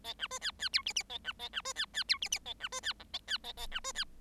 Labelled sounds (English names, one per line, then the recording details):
Bengalese Finch song
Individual Bird7